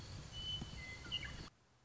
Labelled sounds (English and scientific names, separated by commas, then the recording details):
Western Meadowlark (Sturnella neglecta)
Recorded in Sonoma County, California